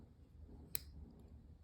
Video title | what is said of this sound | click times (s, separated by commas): Feyachi IS17 Flip Up Sight Review! #feyachi #rifle #ar15 #airsoft | and I like how that locks in place too it's not just kind of free floating if you can hear that | 0.8 s